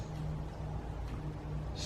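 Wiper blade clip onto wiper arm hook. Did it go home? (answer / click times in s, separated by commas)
no / none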